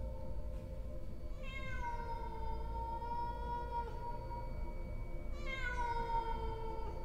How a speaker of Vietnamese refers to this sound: Nó to dễ cũng phải như là con bê con. Bây giờ nó ngồi thù lù ở sân, dùng cặp mắt như thôi miên nhìn đau đớn. Trong đêm đen tĩnh lặng, con mèo nó cất lên những tiếng gừ gừ, gừ gừ trong cổ họng. Rồi sau đó nó bắt đầu kêu lên.